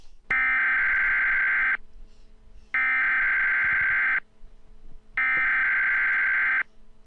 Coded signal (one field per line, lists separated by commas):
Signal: Emergency Alert System (SAME) tones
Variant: header bursts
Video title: EAS Mock - The Facility Part 1 (note: the phone number at the end is fake)